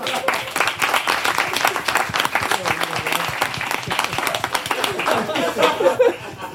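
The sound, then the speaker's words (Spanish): Steady audience applause, many hands clapping in a dense, continuous patter for several seconds, with a few scattered chuckles mixed in before it tapers off. “Un aplauso.”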